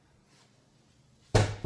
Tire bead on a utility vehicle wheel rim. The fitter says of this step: I didn't I heard it pop, but it's not there.